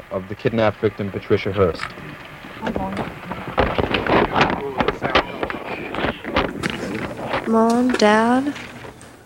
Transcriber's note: soundbite of mechanical noise